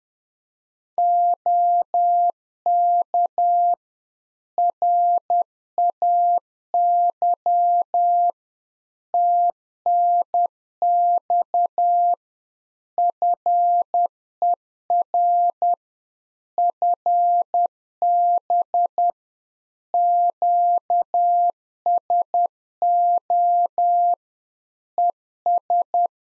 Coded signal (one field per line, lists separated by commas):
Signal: Morse code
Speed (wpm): 10 wpm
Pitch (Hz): 700 Hz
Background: none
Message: OK RAY TNX FER FB QSO ES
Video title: Practice QSO - Exchange 4- Ending - 10wpm